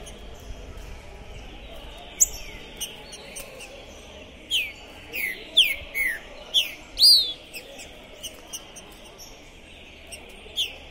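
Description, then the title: Green-winged saltator: songbird whistling a burst of six loud, slurred notes midway, surrounded by quieter high clicks and chirps. Captive trinca-ferro worked up ("possessed") at the entrance of a singing tournament; recording meant to warm up other trinca-ferros for contests; "Trinca Ferro Pistoleiro 2021". "Esse É PERFEITO Para ESQUENTAR Seu TRINCA Piando, Cantando E Macheando Na DISPUTA. Esse TRINCA FERRO ficou POSSUÍDO na PORTA do TORNEIO! Trinca Ferro Pistoleiro 2021!"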